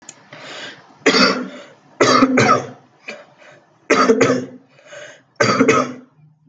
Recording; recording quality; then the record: heavy voluntary cough; moderate, slight background noise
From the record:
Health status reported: healthy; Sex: male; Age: 22 years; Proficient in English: yes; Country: India